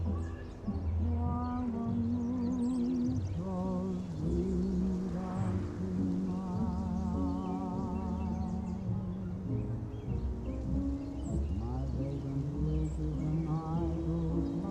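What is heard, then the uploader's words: Summer oldies play from another room, a steady stream of music with a wavering singing voice over sustained chords and a thick, low bass line. The level stays even throughout, with melody notes sliding and shifting every second or so and little detail up high. Summer oldies playing in another room.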